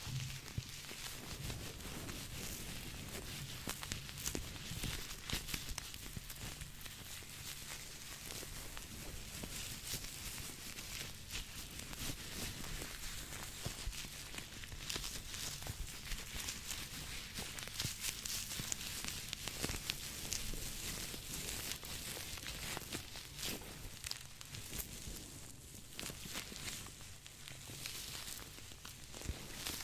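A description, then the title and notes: Gloves, lotion and cotton are handled and tapped in a dense, crackling stream of small sharp clicks and rustles. The sound stays steady in loudness for the whole stretch, with brighter crisp snaps scattered throughout and a faint low hum underneath. ASMR Spa (Scalp Massage, Face Massage, Personal Attention, Lotion, Gloves, Cottons, Tapping).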